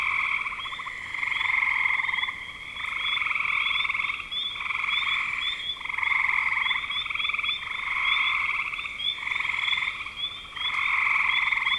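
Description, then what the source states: Frog chorus of overlapping rattling trills, each lasting one to two seconds, with quick high chirps scattered across the background. Recorded in spring 2025.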